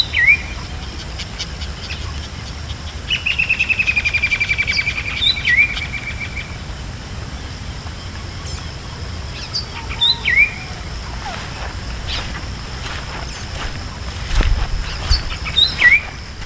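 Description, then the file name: Bird calls: short upslurred whistles, a fast buzzy trill lasting about two seconds, then more scattered rising notes over steady background hiss. "SABIOD 50 bird 2015"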